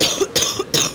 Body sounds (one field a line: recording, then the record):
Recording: coughing mixed with background sound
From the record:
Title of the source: Wet coughing